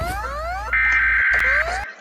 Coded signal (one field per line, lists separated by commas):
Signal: Emergency Alert System (SAME) tones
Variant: header bursts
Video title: RATING ALL EAS ALARMS (PART ONE)